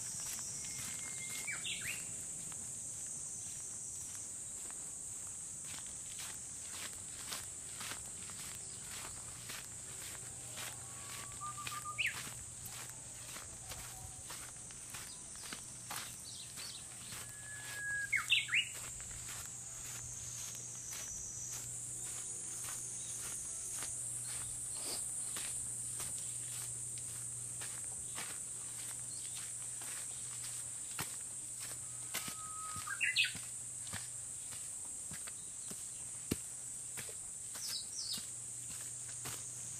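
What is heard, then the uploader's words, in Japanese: A walk through summer mountains, with a steady, high, shrill insect drone running the whole time and a faint low hum beneath. Soft, fairly regular footsteps tick along throughout, and short rising bird calls break in around 2, 12, 18, 34 and 37 seconds. 環境音 夏山を歩く。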